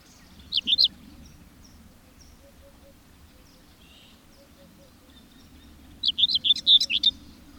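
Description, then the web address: Bird song: a short high trill at first, then a long quiet stretch before a fuller, rapid warbling phrase near the end. "madarak enek"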